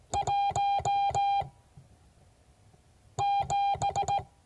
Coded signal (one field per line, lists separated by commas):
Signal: Morse code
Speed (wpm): 18 wpm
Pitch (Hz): 800 Hz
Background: none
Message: 17